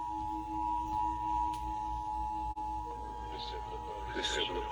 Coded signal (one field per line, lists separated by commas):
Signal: Emergency Alert System (SAME) tones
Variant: 853 and 960 Hz attention tone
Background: speech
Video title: Alerts of the Week: S1 Ep 7: Week of 9/27/21 (Old EAS 374-397)